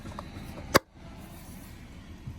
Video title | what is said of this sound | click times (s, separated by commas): TOYOTA TACOMA BIGGEST WHEELS NO LIFT | it goes and it just snaps right in wow that looks nice | 0.8 s